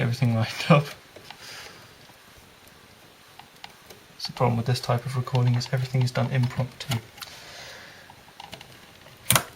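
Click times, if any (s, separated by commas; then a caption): 9.3 s, 9.4 s. A DDR3 memory stick is pressed down into a motherboard DIMM slot while someone talks, with a few faint taps in between. The retention clip snaps at 9.3 s and 9.4 s with two sharp, loud clicks, and the module is seated in place and won't move.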